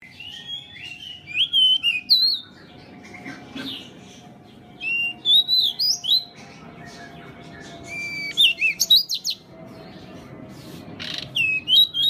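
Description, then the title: Pied bushchat song in repeated short bursts of whistled, warbling notes at intervals, over a steady low hum and background noise. Masteran (song-tutor) recording of the bird called decu. "MASTERAN BURUNG DECU"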